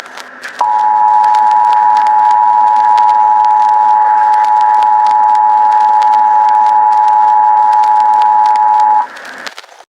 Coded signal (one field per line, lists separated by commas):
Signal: Emergency Alert System (SAME) tones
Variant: 853 and 960 Hz attention tone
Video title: Eas scenario: Baryonyx Escape: Jurassic World